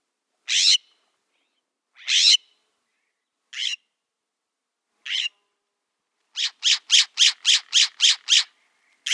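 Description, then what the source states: California scrub jay calls: harsh, raspy squawks, four spaced about one and a half seconds apart, then a rapid run of eight quick rasping notes. Several of the species' many calls; lives in dry lowlands, especially oak woodlands, throughout western North America.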